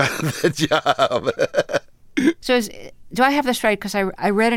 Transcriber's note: laughter